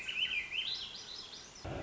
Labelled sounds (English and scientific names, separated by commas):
Swainson's Thrush (Catharus ustulatus)